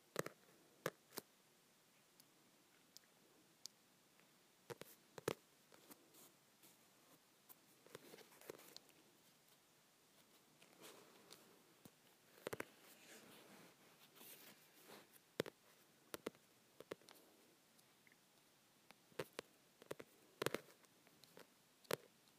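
Softcover books are tapped in irregular bursts of sharp, crisp clicks, some clustered quickly, separated by soft rustling and brief quiet gaps.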